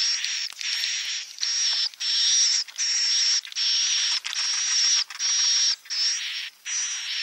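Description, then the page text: Swiftlet buzzy calls: repeated harsh, hissing bursts roughly a second long, broken by brief pauses, with a high whistle laid over the sound. Lure recording for swiftlet houses: a roosting-type ('inap') call. "Suara Burung Walet sufar sinar 77 Suara Panggil, Suara Inap Dan Tarik"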